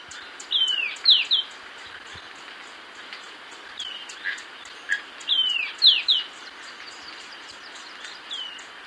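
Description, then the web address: Golden-faced Tyrannulet calls: quick series of high falling whistled notes, given twice about five seconds apart, over steady hiss and faint ticking. Ecuador; possible unnamed taxon. "Birds of Ecuador Golden-faced Tyrannulet (possible unnamed taxon)"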